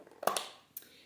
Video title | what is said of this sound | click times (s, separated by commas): Three ways to a healthier weekday lunch! | here is where you're gonna put the dressing and this snap sound really nice and tight so you | 0.3 s, 0.4 s